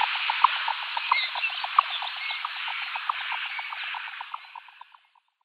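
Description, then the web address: Jack snipe display sounds: a rapid series of hollow knocking pulses, fading out at the end. Male, in display flight. "Schulze Peter Jack Snipe male displayflight"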